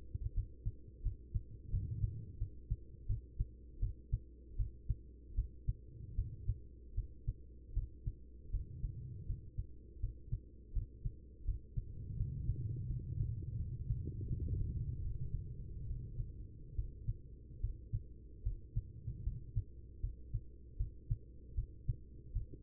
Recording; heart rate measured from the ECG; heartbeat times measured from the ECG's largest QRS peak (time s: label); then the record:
heart sounds by stethoscope; 79 bpm
0.33 s: heartbeat
1.02 s: heartbeat
1.70 s: heartbeat
2.37 s: heartbeat
3.06 s: heartbeat
3.79 s: heartbeat
4.56 s: heartbeat
5.34 s: heartbeat
6.14 s: heartbeat
6.94 s: heartbeat
7.73 s: heartbeat
8.50 s: heartbeat
9.26 s: heartbeat
9.99 s: heartbeat
10.72 s: heartbeat
11.44 s: heartbeat
12.16 s: heartbeat
12.86 s: heartbeat
13.56 s: heartbeat
14.27 s: heartbeat
15.01 s: heartbeat
15.86 s: heartbeat
16.75 s: heartbeat
17.60 s: heartbeat
18.42 s: heartbeat
19.23 s: heartbeat
20.00 s: heartbeat
20.76 s: heartbeat
21.54 s: heartbeat
22.32 s: heartbeat
From the record:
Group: healthy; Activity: cold pressor test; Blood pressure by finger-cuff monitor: 132/86 mmHg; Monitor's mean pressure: 101 mmHg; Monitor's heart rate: 78 bpm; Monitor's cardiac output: 5.7 L/min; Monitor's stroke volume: 73 mL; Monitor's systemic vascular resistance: 1350 dyn s/cm5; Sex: female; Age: 43 years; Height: 160 cm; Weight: 90 kg